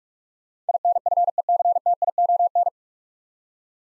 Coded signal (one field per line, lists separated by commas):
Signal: Morse code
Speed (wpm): 44 wpm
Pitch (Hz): 700 Hz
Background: none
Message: INFECTION